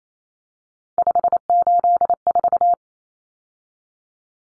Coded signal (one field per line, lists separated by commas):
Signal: Morse code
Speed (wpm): 28 wpm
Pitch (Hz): 700 Hz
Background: none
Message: 584